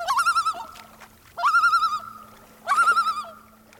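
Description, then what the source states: Common Loon giving a wavering tremolo call, three quavering bursts at a steady pace, each a rapid laughing warble. Common loon floating on the water; a diving bird with dense bones for diving and chasing fish.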